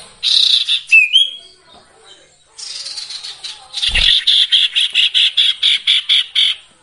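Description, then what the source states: Sirtu calling with harsh squawky notes, a short whistle, then a long series of about a dozen buzzy pulses at a steady pace. Masteran recording with the full variety of song, used for training songbirds.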